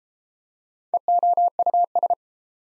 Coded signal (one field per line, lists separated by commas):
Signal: Morse code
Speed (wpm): 30 wpm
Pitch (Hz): 700 Hz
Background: none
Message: EOUS